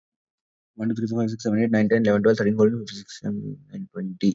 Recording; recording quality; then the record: counting at a normal pace; excellent, no background noise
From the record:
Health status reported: COVID-19 positive, mild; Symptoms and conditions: none ticked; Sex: female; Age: 24 years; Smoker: not ticked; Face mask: not worn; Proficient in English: yes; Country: India